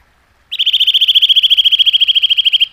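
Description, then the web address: Eurasian nuthatch delivering a long rapid trill of evenly spaced, bright piping notes that runs over two seconds without a break. "agykontroll Madardalok Cd 1. Csuszka"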